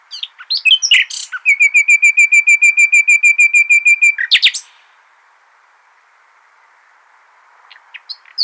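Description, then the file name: Common nightingale song: a long, even series of fast repeated whistled notes, bracketed by sharp harsh notes, then near silence. "Luscinia megarhynchos"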